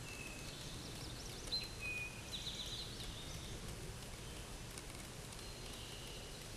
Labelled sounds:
Eastern Towhee song
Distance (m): 50 m
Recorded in a Pennsylvania forest on 17 May 2023 at 13:22
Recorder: AudioMoth, point grid1_14_low
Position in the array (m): 112 m, 106 m

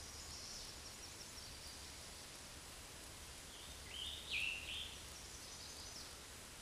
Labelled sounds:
Scarlet Tanager song
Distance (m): 15 m
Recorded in a Pennsylvania forest on 19 May 2023 at 12:02
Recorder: AudioMoth, point grid1_26_low
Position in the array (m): 157 m, 29 m

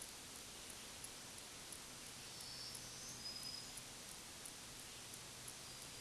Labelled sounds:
Black-throated Green Warbler song
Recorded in a Pennsylvania forest on 1 June 2023 at 08:58
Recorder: AudioMoth, point grid3_39_high
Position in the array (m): 212 m, 178 m

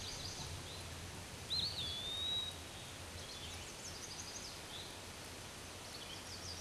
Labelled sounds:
Eastern Wood-Pewee song
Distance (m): 30 m
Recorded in a Pennsylvania forest on 18 May 2023 at 13:53
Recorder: AudioMoth, point grid1_21_low
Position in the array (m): 245 m, 149 m

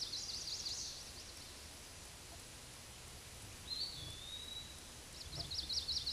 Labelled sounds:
Eastern Wood-Pewee song
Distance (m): 20 m
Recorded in a Pennsylvania forest on 18 May 2023 at 13:31
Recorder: AudioMoth, point grid1_18_low
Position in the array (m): 141 m, 189 m

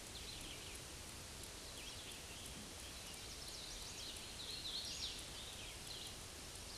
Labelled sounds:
Hooded Warbler song
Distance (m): 70 m
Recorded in a Pennsylvania forest on 18 May 2023 at 09:34
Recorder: AudioMoth, point grid1_16_low
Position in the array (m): 188 m, 83 m

